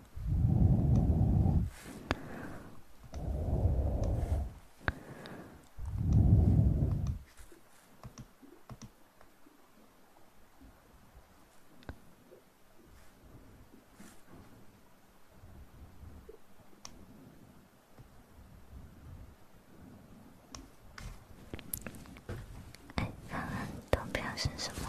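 Mouth sounds with faint, inaudible whispering. Three loud, low, breathy bursts come in the first seven seconds, then the rest turns quiet with scattered small clicks and wet smacks, growing busier and brighter near the end.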